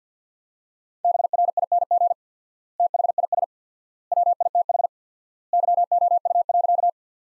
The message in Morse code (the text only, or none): BRING THIS WITH YOU.